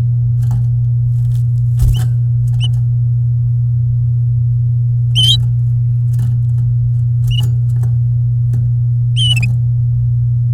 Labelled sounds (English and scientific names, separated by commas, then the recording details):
Domestic Canary (Serinus canaria) song
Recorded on 9 May 2018 at 08:15
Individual llb16